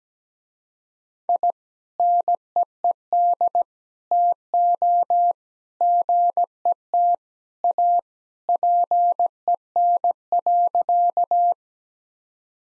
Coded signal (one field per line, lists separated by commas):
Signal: Morse code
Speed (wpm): 17 wpm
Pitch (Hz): 700 Hz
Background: none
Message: I NEED TO GET A PEN.